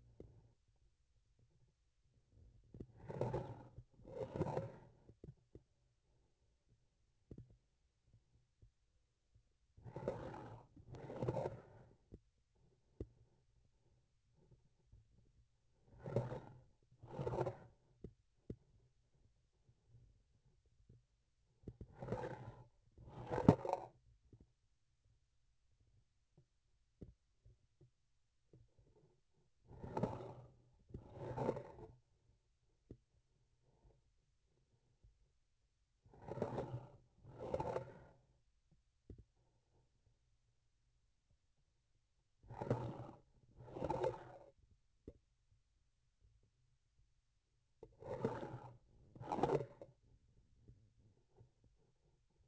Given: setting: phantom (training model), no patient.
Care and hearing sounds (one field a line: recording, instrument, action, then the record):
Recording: laparoscopic instrument, vibration sensor on the handle end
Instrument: grasping forceps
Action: approaching and retracting movements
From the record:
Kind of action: spatial motion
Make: other than Olympus